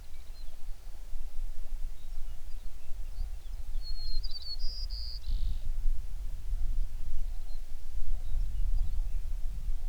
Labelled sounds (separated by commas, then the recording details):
songbird
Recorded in the Prudhoe Bay oil fields, Alaska, on 11 June 2019 at 04:55
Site 21